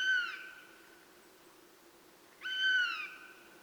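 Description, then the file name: Eurasian jay giving two drawn-out, mewing, downslurred calls with rich harmonics, about two and a half seconds apart, over quiet background hiss. "Garrulus glandarius"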